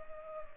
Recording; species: mosquito wingbeat signal from an infrared sensor; Culex pipiens